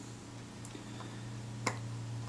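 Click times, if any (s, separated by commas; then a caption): none. While reassembling the mechanism of a Retina IIIc camera, a spring's hook is placed behind a small metal lever over a steady low hum. Two faint ticks sound at about 0.7 s and 1.7 s, but the hook has not seated correctly and nothing has seated or clicked yet.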